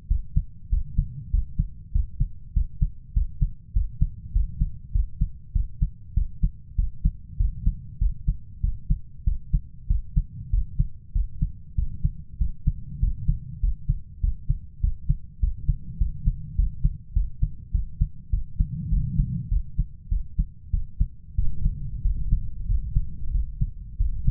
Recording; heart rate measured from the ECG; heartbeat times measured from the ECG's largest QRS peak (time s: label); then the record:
heart sounds by stethoscope; 98 bpm
0.10 s: heartbeat
0.72 s: heartbeat
1.33 s: heartbeat
1.95 s: heartbeat
2.56 s: heartbeat
3.16 s: heartbeat
3.76 s: heartbeat
4.35 s: heartbeat
4.95 s: heartbeat
5.55 s: heartbeat
6.17 s: heartbeat
6.78 s: heartbeat
7.40 s: heartbeat
8.01 s: heartbeat
8.63 s: heartbeat
9.27 s: heartbeat
9.90 s: heartbeat
10.53 s: heartbeat
11.15 s: heartbeat
11.78 s: heartbeat
12.41 s: heartbeat
13.02 s: heartbeat
13.63 s: heartbeat
14.23 s: heartbeat
14.83 s: heartbeat
15.43 s: heartbeat
16.01 s: heartbeat
16.58 s: heartbeat
17.16 s: heartbeat
17.74 s: heartbeat
18.33 s: heartbeat
18.92 s: heartbeat
19.52 s: heartbeat
20.12 s: heartbeat
20.73 s: heartbeat
21.38 s: heartbeat
22.05 s: heartbeat
22.70 s: heartbeat
23.35 s: heartbeat
24.00 s: heartbeat
From the record:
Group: healthy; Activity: cold pressor test 0-21 s, rest 21-24 s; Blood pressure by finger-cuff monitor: 162/94 mmHg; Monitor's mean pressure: 114 mmHg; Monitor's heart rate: 98 bpm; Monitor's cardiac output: 7.7 L/min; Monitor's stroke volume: 78 mL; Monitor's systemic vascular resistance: 1120 dyn s/cm5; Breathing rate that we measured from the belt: 20 breaths a minute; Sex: male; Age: 21 years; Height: 175 cm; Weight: 72.6 kg